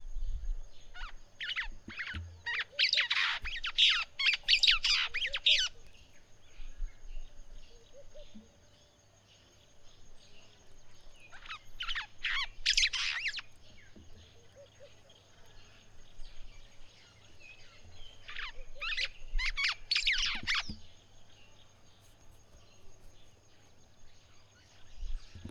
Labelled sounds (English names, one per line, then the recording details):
White-browed Sparrow-Weaver
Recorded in northern Uganda